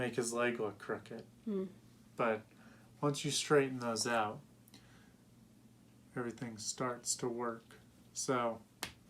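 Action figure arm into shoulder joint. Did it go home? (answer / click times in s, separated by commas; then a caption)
yes / 8.8 s. Someone talks while pushing the plastic arm of a McFarlane Toys Batman Year Two action figure (Target exclusive) into its shoulder peg joint. Faint small ticks come at about 4.7 s, then a sharp pop at 8.8 s as the arm snaps in and seats in the socket.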